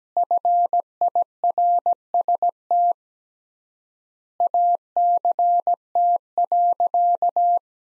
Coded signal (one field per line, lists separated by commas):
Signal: Morse code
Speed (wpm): 17 wpm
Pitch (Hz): 700 Hz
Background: none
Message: FIRST ACT.